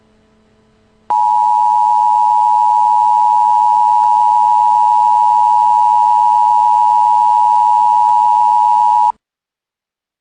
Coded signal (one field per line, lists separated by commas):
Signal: Emergency Alert System (SAME) tones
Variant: 853 and 960 Hz attention tone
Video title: EAS: ELA Exam (3/29/22)